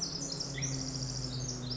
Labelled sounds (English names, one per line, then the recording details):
Pacific Wren
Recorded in Sonoma County, California